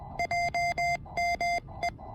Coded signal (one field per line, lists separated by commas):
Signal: Morse code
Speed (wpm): 20 wpm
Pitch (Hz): 700 Hz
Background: none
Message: JME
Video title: Amazing QRP POTA fun with my $120 TEN-TEC R4020!